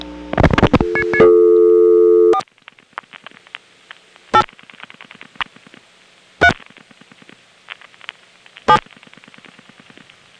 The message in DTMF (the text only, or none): 4 8 3 7